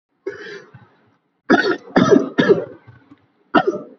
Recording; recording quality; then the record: heavy voluntary cough; excellent, no background noise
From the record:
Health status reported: healthy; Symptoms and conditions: cold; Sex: male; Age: 24 years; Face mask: not worn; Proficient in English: yes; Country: India